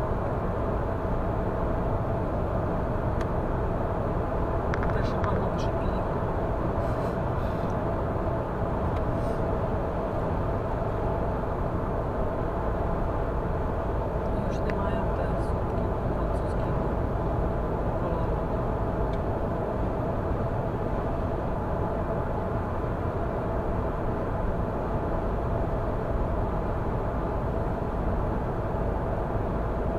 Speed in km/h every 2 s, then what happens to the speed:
102, 102, 102, 102, 102, 100, 98, 96, 94, 93, 93, 93, 93, 93, 93.
0-30 steady at about 96.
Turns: none.